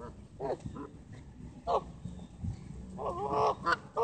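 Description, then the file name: Goose honks in a few short nasal bursts with a longer ragged run near the end, set against a steady rumbling background noise. "Geesem"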